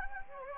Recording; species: mosquito wingbeat signal from an infrared sensor; Anopheles gambiae